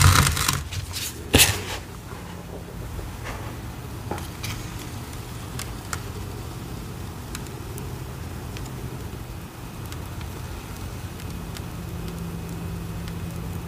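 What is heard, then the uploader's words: Oobleck paste being mixed, with a cluster of sharp clicks and knocks in the first two seconds, the loudest near 1.4 seconds. After that a steady low rumble carries on, broken by occasional faint ticks and scrapes every second or two. Mixing Oobleck Paste for Cornstarch Crunchies.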